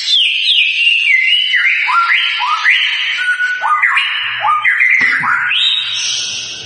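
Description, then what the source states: White-rumped shama song: repeated whistled phrases, each a sharp upward swoop then a falling glide, delivered in a fast, steady sequence. Lure recording of a constantly singing (gacor) bird, intended to provoke an immediate response from other birds.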